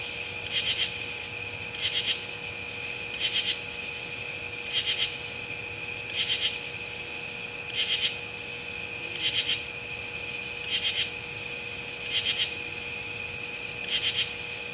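Katydid giving rhythmic, scratchy triple-pulsed chirps about every one and a half seconds, ten bursts in a row, with a continuous high-pitched droning tone underneath.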